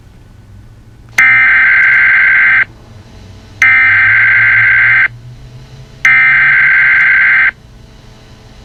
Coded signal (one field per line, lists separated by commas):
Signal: Emergency Alert System (SAME) tones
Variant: header bursts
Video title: EAS Scenario TikTok